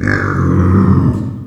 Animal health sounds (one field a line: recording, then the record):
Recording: squeal of a Yucatan mini pig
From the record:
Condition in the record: after surgery on the right vocal fold (resection and tissue-engineered implant)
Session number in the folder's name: 12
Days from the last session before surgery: 105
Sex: female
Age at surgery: 19 weeks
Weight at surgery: 25 kg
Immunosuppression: prednisolone